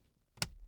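A plastic cabin air filter access cover on a Chevrolet Bolt EV is pressed back into the HVAC housing behind the glovebox. It gives a short sharp tick at 0.4 s and again at 0.4 s, after near silence, followed by a low quiet tail. The cover seats in place.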